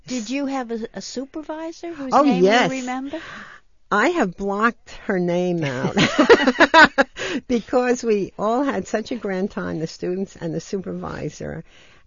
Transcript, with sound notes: Did you have a supervisor whose name you remember?
Oh, yes! I have blocked her name out [they laugh] because we all had such a grand time, the students and the supervisor.